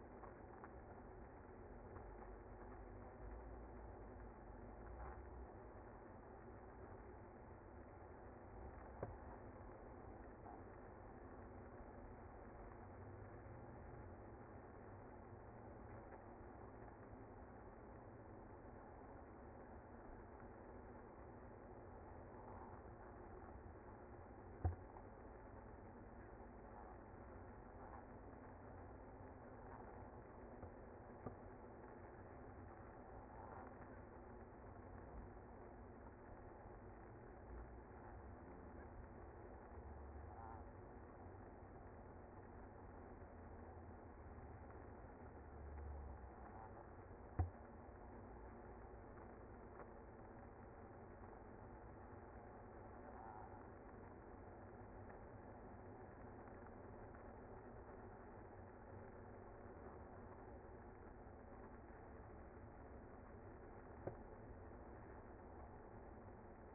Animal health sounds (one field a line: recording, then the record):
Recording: honeybee colony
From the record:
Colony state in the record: active